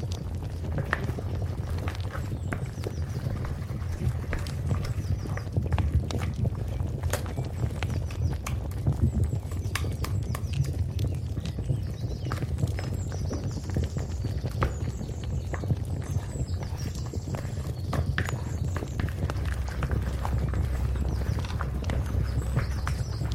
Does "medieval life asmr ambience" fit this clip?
yes